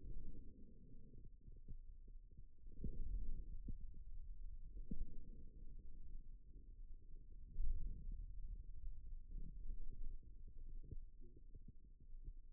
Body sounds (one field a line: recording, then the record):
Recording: forearm muscle sounds (acoustic myography)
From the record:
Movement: radial deviation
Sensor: system 2, bracelet of six BSWA MPA416 microphones around the upper forearm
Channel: 1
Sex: male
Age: 22 years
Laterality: right